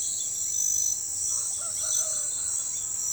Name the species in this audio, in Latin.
none